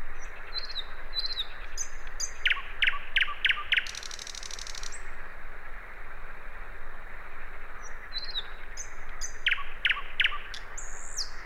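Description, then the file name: Common nightingale song: thin whistles and a quick run of five sharp notes, a brief buzzy burst, quiet gap, then another phrase of sharp notes and whistles. "Luscinia megarhynchos"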